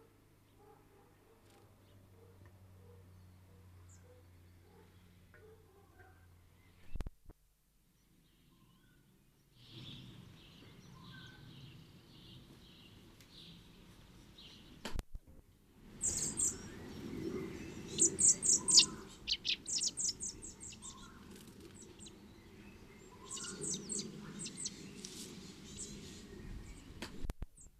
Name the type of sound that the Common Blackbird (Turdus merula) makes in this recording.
call